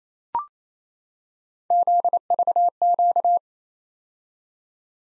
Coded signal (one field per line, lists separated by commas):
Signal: Morse code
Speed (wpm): 27 wpm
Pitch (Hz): 700 Hz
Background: none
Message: ZVQ